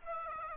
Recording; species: mosquito wingbeat signal from an infrared sensor; Aedes aegypti